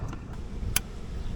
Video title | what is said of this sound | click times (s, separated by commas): Upgrading incandescent bulbs to LED in the ioniq5 | and then you hear that satisfying click and that's all done | 0.8 s